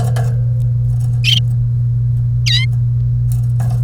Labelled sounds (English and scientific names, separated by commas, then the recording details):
Domestic Canary (Serinus canaria) song
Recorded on 1 May 2018 at 09:23
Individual llb3